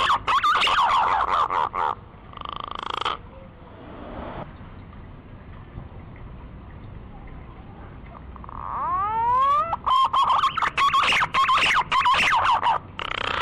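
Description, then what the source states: Green pigeon warbling whistles, a noisy gap, then a series of rising harmonic glides leading into fast, broken whistled phrases. Lure call used to attract green pigeons.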